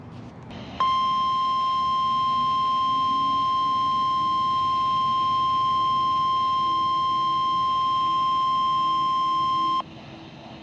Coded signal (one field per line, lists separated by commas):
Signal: Emergency Alert System (SAME) tones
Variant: 1050 Hz attention tone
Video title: WZ2523, WWG26, KZZ48 And KIH44 Tests!!! (EAS#53-57)